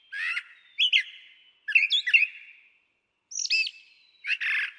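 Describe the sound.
Brown Thrasher song: several short, varied phrases of harsh slurred notes and buzzy chirps, with a longer pause before the last two.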